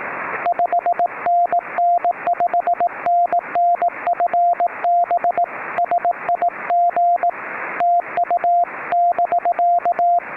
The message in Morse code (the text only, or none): 5NN 5NN FB SIG TU <BK>